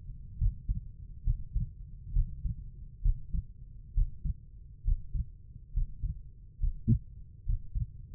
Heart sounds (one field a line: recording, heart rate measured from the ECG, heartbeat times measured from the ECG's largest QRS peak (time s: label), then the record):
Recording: heart sounds by stethoscope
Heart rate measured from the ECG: 68 bpm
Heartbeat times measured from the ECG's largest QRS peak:
0.38 s: heartbeat
1.24 s: heartbeat
2.13 s: heartbeat
3.02 s: heartbeat
3.94 s: heartbeat
4.85 s: heartbeat
5.73 s: heartbeat
6.60 s: heartbeat
7.46 s: heartbeat
From the record:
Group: healthy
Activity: Valsalva maneuver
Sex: female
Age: 22 years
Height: 163 cm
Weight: 67.1 kg